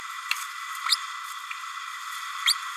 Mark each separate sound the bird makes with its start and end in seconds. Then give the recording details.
0.86-0.97, 2.46-2.54. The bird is a male. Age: 31 days. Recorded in a nest box in Venezuela. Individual 17B32A6